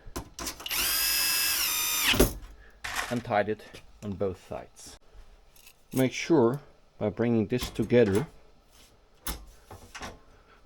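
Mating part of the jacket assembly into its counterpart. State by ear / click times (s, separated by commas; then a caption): seated / 9.3 s. A mating part of a Guideline Jacket 4.0 assembly, already screwed and tied on both sides, is brought together with its counterpart. A drill-like whine runs from about 0.7 to 2.2 s, then someone talks, and a sharp click lands at 9.3 s. The pieces snap into place with no gaps.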